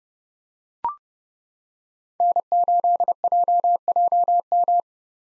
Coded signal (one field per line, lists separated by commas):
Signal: Morse code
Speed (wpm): 30 wpm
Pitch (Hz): 700 Hz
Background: none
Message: N8JJM